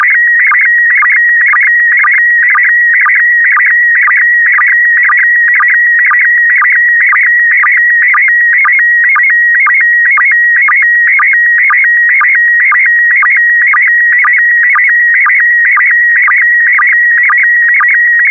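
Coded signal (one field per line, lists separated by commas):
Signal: SSTV (slow-scan television)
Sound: warbling, chirping tone with a steady rhythmic tick about twice a second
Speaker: rs0iss on the left and a1ss on the right women in space picture of linda in her astronaut suit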